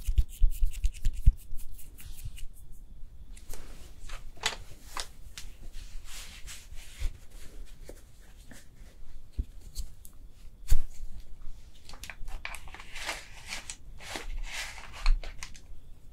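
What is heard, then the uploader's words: Makeup being applied with no talking: soft brushing, tapping and crisp rustling sounds come in short bursts throughout. Sharper clicks stand out near one second, around eleven seconds and near fifteen seconds, with quieter stretches between the busier passages. ASMR Makeup Artist Does Your MAKEUP (Layered + No Talking).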